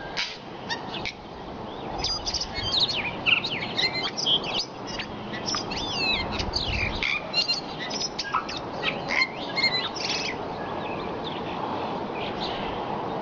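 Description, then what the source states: Tui singing a busy run of rapid clicks, whistles and squeaky chirps. Singing at sunrise.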